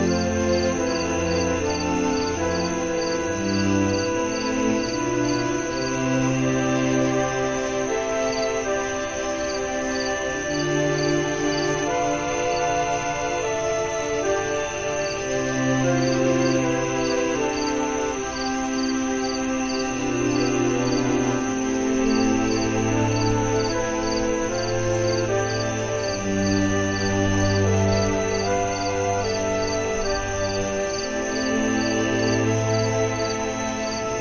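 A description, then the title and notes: Soft, sustained music with long held tones and slowly shifting low notes plays at an even, steady level throughout. A fine, regular crickets' trill pulses high above the music without pause, giving a constant nighttime chirring behind the melody. Calming Serenade With Relaxing Music, Flute, Singing Crickets & Nature Sounds. Relaxing music, singing crickets, night sounds and other enchanting nature sounds.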